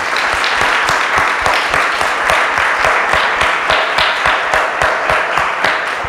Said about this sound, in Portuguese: Vamos aplaudir o Senhor mais uma vez?